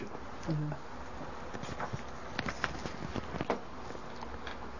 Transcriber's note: the microphone rustles